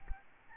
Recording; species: mosquito wingbeat signal from an infrared sensor; Aedes albopictus